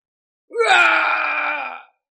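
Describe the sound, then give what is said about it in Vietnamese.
A single anguished, defiant roar from a human voice, loud and sustained for over a second with a rich, strained tone that starts with a rising push and then fades out, heard on its own. “Truyền đến tiếng gào không cam lòng với bất khuất.”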